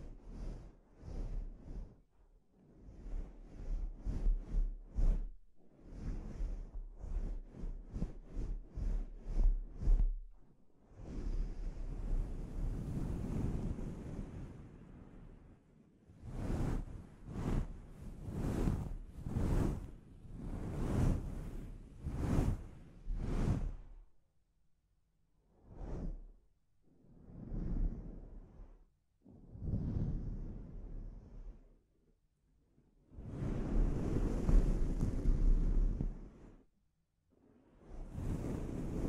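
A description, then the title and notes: A scalp treatment with quick, crisp strokes in a rapid run for the first ten seconds, then a long soft rubbing swish. Firmer, evenly spaced swipes follow, giving way to slower, separate brushes with short silences between them. ASMR Sleep Inducing Scalp Treatment (No Talking).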